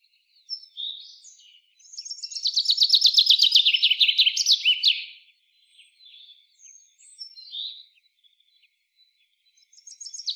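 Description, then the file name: Common chaffinch singing a fast trill of sweet notes that drops in pitch and ends with an emphatic flourish, with soft high notes before and after. "Fringilla coelebs"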